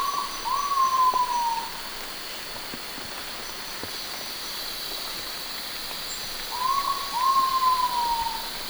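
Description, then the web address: Great pitta giving two drawn-out whistled notes about six seconds apart, each briefly rising then sliding gently down, over a steady high background hum. Recorded in Indonesia. "ULM-DS-Lab indonesian-bird-sounds. Pitta maxima"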